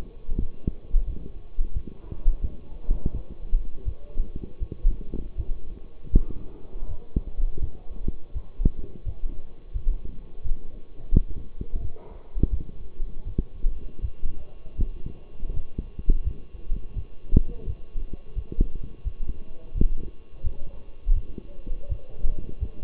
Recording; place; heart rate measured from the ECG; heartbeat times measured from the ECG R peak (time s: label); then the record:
heart sounds by stethoscope; between the tricuspid and mitral areas; 84 bpm
0.39 s: heartbeat
1.06 s: heartbeat
1.74 s: heartbeat
2.41 s: heartbeat
3.13 s: heartbeat
3.84 s: heartbeat
4.59 s: heartbeat
5.36 s: heartbeat
6.11 s: heartbeat
6.87 s: heartbeat
7.60 s: heartbeat
8.33 s: heartbeat
9.04 s: heartbeat
9.73 s: heartbeat
10.43 s: heartbeat
11.12 s: heartbeat
11.81 s: heartbeat
12.50 s: heartbeat
13.25 s: heartbeat
14.01 s: heartbeat
14.76 s: heartbeat
15.53 s: heartbeat
16.23 s: heartbeat
16.94 s: heartbeat
17.66 s: heartbeat
18.35 s: heartbeat
19.04 s: heartbeat
19.74 s: heartbeat
20.43 s: heartbeat
21.13 s: heartbeat
21.88 s: heartbeat
22.59 s: heartbeat
From the record:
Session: walking at 3.7 km/h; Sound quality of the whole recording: partially saturated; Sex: male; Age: 24 years